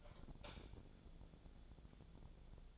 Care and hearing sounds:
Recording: daily activity, microphone in the room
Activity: light off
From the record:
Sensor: 5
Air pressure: 1000.2 hPa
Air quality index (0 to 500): 104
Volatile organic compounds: 1 ppm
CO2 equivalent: 839 ppm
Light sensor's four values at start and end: 207/491/210/233 and 206/488/209/231

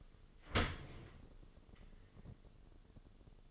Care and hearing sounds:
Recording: daily activity, microphone in the room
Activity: open dishwasher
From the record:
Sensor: 4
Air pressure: 1015.8 hPa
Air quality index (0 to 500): 98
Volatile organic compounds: 2 ppm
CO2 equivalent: 1100 ppm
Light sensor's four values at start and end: 9/19/7/7 and 8/18/7/7

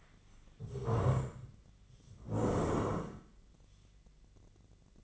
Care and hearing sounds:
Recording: daily activity, microphone in the room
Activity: stand up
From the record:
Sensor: 4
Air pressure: 1013.1 hPa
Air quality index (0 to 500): 171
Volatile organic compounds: 2 ppm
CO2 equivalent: 1082 ppm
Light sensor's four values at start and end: 53/130/55/59 and 53/130/55/59

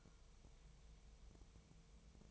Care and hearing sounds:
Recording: daily activity, microphone in the room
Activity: take from stove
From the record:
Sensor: 1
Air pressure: 999.3 hPa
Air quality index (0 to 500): 200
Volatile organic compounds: 41 ppm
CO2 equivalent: 3164 ppm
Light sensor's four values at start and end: 9/22/8/9 and 9/22/8/9

